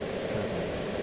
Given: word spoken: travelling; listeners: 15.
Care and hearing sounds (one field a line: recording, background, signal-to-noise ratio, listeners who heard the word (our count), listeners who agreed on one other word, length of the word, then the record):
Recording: one English word in noise, from a listening test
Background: speech-shaped noise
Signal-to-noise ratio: -6.0 dB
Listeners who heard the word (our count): 0 of 15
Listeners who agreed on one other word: 6 of 15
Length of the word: 0.63 s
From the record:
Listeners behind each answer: 6, 2, 1, 1, 1, 1, 1, 1, 1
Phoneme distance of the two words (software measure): 14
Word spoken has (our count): 2 syllables, 7 phonemes, stress on syllable 1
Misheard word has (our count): 2 syllables, 5 phonemes, stress on syllable 1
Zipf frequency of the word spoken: 4.63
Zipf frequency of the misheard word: 4.82